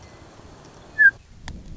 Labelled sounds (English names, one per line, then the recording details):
Western Meadowlark
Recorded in Sonoma County, California